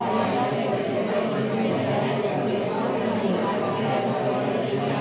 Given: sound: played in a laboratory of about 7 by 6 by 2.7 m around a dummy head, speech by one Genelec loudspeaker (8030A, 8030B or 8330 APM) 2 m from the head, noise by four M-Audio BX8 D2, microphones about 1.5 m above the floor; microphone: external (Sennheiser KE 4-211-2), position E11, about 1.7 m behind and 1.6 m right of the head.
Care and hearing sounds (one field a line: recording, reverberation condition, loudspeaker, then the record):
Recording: babble noise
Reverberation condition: medium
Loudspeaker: four, about 170 cm from the corners of the room and facing them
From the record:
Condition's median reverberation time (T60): about 510 ms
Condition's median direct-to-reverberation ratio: about -0.5 dB